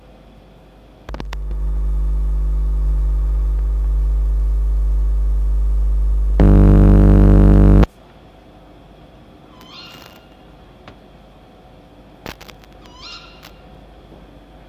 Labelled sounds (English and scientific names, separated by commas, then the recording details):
Tawny Owl (Strix aluco) call
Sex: diverse
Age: adult
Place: Zoologisches Institut der HUB, Berlin, DE
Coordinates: 52.5308, 13.3781
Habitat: garden
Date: 1951-10-31 17:45
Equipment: Elmetra
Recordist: Tembrock, Günter